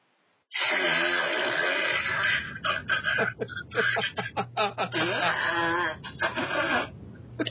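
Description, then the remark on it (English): A voice imitates a woman farting nonstop two stalls over in a ladies' bathroom, a loud, buzzy, sputtering stream that runs for about seven seconds, breaking into quick choppy bursts toward the middle before droning on again. “like, nonstop for the whole time I'm in there. She's fucking whistling Dixie with her asshole.”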